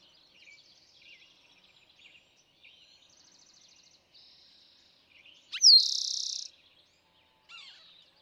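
Eastern towhee gives one loud song of whistle and rapid trill past the middle, preceded by soft varied twittering and chirps from other birds.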